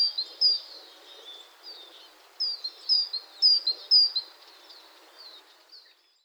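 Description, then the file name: Great tit calling: a run of short, high, sharp notes in uneven bursts, roughly two per second, fading out near the end over a soft background hiss. "Parus major"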